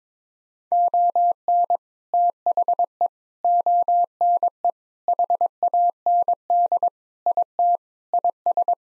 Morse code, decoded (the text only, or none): ON THE ONE HAND IT IS